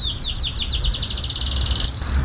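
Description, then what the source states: Black-chinned sparrow gives a series of slurred descending notes that speed up into a fast even trill, over a low rumble. Calling on Mount Lemmon near Tucson, southeast Arizona, about halfway up the mountain.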